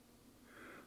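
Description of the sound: A single acted hiccup from an adult voice: a short, breathy, gasping catch that rises in pitch toward the end.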